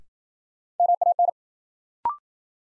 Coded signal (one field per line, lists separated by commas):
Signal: Morse code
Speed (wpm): 54 wpm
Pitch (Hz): 700 Hz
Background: none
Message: MAN